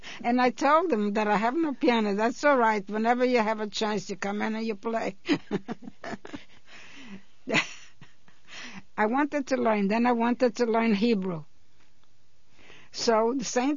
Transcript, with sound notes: And I told them that I have no piano. "That's all right. Whenever you have a chance you come in and you play." (she laughs) I wanted to learn. Then I wanted to learn Hebrew. So, same thing.